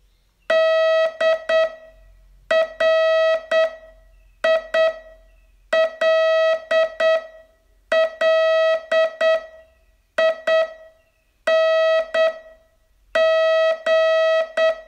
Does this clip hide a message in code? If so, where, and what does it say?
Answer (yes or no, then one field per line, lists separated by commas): yes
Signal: Morse code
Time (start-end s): 0.5-14.7 s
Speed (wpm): 8 wpm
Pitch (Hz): 650 Hz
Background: none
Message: DRILLING